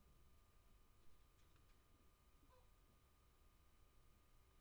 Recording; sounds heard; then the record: poultry house recording; healthy chickens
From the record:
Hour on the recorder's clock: 0